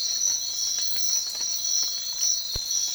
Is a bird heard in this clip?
no